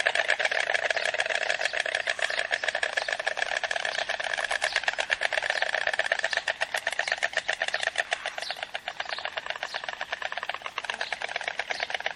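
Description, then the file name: White stork bill-clattering, a rapid wooden rattling of dense clicks continuing throughout at a fairly steady level. "Ciconia ciconia bill-clattering"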